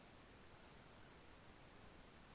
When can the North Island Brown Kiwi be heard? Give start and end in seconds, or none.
none